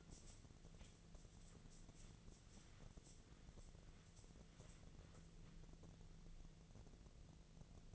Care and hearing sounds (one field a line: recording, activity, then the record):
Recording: daily activity, microphone in the room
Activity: wipe stove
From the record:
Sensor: 4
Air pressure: 1001.2 hPa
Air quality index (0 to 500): 186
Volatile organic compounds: 3 ppm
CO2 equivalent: 1329 ppm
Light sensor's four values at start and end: 14/32/13/14 and 13/30/12/13